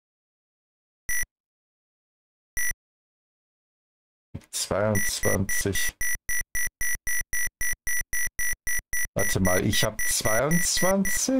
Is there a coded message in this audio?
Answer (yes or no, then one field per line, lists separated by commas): no